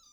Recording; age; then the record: pig call; piglet (1 to 25 days)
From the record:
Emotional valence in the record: positive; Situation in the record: short reunion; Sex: female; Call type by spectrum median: high-frequency call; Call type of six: low-frequency tonal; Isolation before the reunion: 3 minutes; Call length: 0.13 s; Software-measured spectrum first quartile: 3739 Hz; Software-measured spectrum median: 5091 Hz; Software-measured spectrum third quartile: 6257 Hz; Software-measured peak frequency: 6009 Hz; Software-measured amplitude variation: 72 dB a second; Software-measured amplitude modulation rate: 11.5 a second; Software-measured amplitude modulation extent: 6.2 dB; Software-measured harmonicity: 12.9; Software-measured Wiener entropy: -3.35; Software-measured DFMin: 1193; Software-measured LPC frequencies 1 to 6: 1256, 2475, 3657, 4807, 6018, 6557 Hz